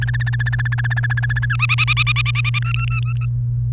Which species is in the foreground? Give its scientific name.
Serinus canaria